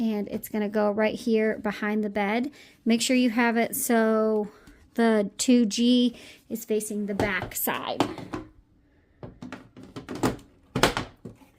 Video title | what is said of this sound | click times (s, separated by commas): How to Assemble BARBIE DREAMHOUSE (unedited) | Push until it clicks into place. | 10.8 s